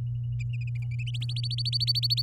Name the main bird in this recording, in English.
Domestic Canary